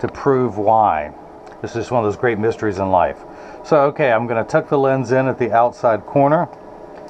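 Someone talks while a freshly cut plastic prescription anti-glare lens is handled at the outside corner of a Versace 3257 eyeglass frame rim, ready to be tucked in and worked around into the groove. A faint steady hum sits under the voice. Nothing has seated or clicked yet.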